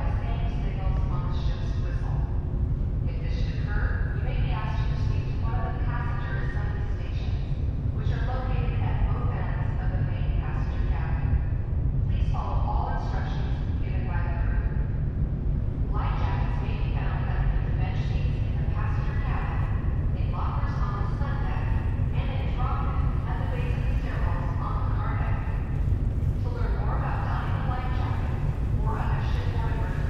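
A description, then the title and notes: Aboard a ferry, a deep, steady engine rumble fills the low end without letting up. Over it, people talk almost continuously, a voice in conversation with short pauses around the eighth, twelfth and sixteenth seconds. A days' worth of round-trips on the Seattle-Bainbridge Island Ferry, nearly all short fore-and-aft from then passenger and car decks.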